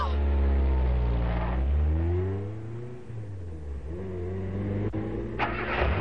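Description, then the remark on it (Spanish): A car engine revs loudly, its pitch climbing and dropping as the vehicle pulls away, then settles into a steady drone with a brief higher whine near the end. “¡Fatty, sigue ese coche!”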